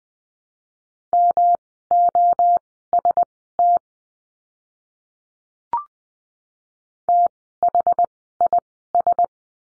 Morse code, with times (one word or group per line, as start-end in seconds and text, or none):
1.1-3.8 MOST
7.1-9.2 THIS